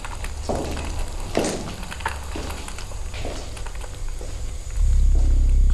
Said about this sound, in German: Aber nach einer Viertelstunde war der Koch fertig und verließ mit einer brutzelnden Pfanne die Küche.